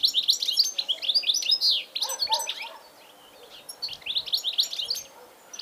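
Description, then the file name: European goldfinch calls, dense bursts of bright tinkling chirps and twitters, pausing briefly midway before resuming. "Carduelis carduelis"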